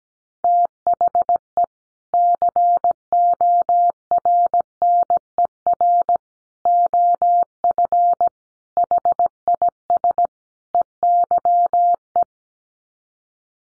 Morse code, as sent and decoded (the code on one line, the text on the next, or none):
- .... . / -.-. --- .-. -. . .-. / --- ..-. / .... .. ... / . -.-- .
THE CORNER OF HIS EYE